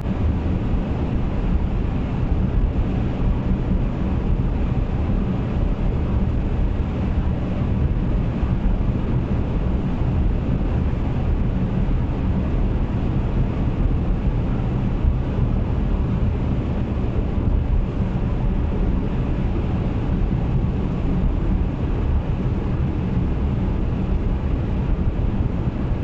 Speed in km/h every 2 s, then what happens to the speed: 129, 128, 128, 128, 129, 129, 130, 128, 127, 125, 123, 120, 120.
0-12 steady at about 129. 12-26 slows to 120.